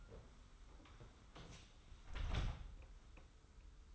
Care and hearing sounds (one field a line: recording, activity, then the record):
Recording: daily activity, microphone in the room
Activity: close door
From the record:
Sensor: 3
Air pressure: 991.5 hPa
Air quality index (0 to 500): 145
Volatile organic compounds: 398 ppm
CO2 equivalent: 4669 ppm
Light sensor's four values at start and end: 41/116/47/41 and 41/117/47/41